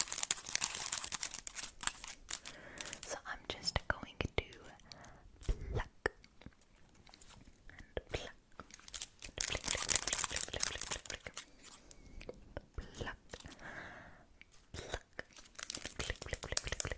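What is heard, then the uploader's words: Crisp scratching and raking with long nails, a dense run of quick, bright strokes and crackly rasps that rise and fall in bursts. Louder flurries come around six, ten and near the end, with a faint whisper behind. ASMR - Scratching Raking Plucking away your Negative Energy (Extreme Long Nails Edition).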